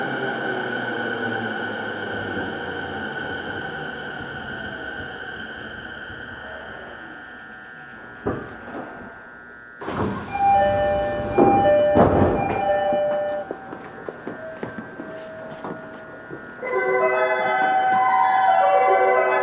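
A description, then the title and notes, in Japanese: A Rinkai Line train rides between stations, its motor whine steady at first, then slowing and fading as the train settles. Around ten seconds come sharp clunks and bright chimes, likely doors and signals, and near the end a rising motor tone returns as the train starts off. 東京臨海高速鉄道70–000形 新木場〜東京テレポート。東急お台場パスで乗車した時に録音しました。ICレコダーでの録音です。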